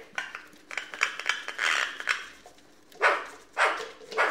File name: Pica pica